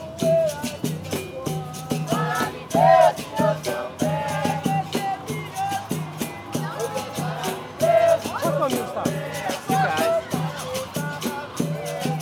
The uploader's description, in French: Séance de capoeira sur la place principale d'Ouro Preto, Minas Gerais, Brésil